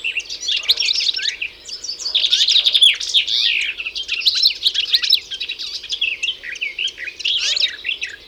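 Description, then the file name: European goldfinch song, a fast, dense twittering of high tinkling and buzzy notes running almost without pause across the whole stretch. "Carduelis carduelis"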